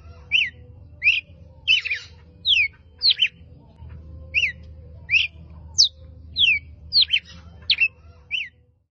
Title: Canto Galo Campina Fêmea 02. Galo de Campina Chamando para borboletas